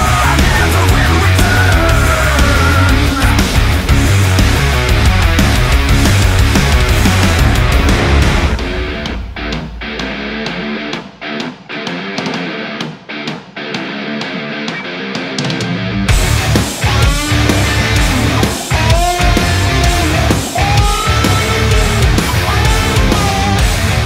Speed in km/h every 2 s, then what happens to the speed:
25, 24, 24, 26, 27, 28, 26, 26, 28, 28, 29, 29.
0-24 steady at about 26.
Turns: none.